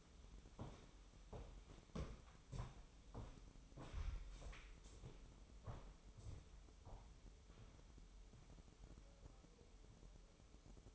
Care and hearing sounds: daily activity, microphone in the room; walk to room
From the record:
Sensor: 1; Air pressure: 988.3 hPa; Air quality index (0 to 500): 198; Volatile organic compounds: 1000 ppm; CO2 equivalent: 5312 ppm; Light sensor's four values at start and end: 26/96/36/38 and 26/97/37/38

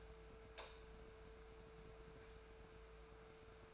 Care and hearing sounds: daily activity, microphone in the room; light on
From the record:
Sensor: 2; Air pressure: 1014.4 hPa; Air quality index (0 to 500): 175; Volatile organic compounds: 11 ppm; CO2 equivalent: 2314 ppm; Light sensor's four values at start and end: 32/77/34/38 and 36/94/40/44

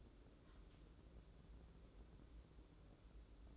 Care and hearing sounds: daily activity, microphone in the room; take from stove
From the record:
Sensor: 3

